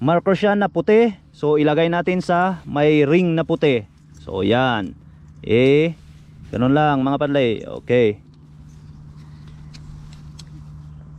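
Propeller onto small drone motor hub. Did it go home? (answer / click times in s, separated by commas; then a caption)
yes / 10.1 s, 10.4 s. Someone talks while a DJI Spark drone propeller with a white ring marker is fitted onto the small motor hub that has the matching white ring. After the talking stops, the propeller is twisted into its lock, giving faint clicks at 10.1 s and 10.4 s. The propeller is now locked in place.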